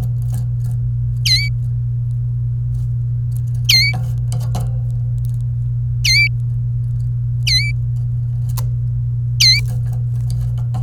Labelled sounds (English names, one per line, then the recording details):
Domestic Canary song
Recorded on 27 April 2018 at 16:44
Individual llb3